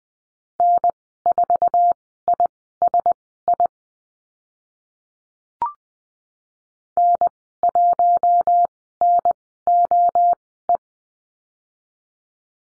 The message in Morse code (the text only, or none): N4ISI N1NOE